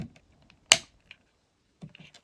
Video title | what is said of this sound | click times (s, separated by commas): FULL Review: Hornby TT120 Class 37, tested, grilled and approved! | That sounded to me like an audible click, did it not? | 0.7 s